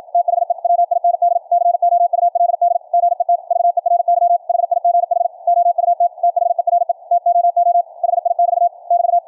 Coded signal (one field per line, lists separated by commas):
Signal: Morse code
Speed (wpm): 53 wpm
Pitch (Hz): 700 Hz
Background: none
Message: THE WIND COULD GET VERY HIGH OUT THERE TOO HI <BT> <BT>